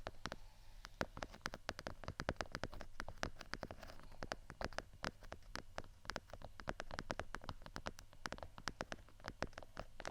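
Quick, irregular taps and scratches on textured objects click sharply and densely throughout, over a low steady hum with no pauses.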